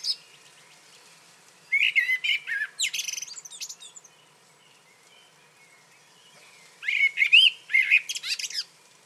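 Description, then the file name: Common blackbird song: two phrases, each a low warbled opening that breaks into high, squeaky twittering, separated by a few seconds of quiet. "Turdus merula"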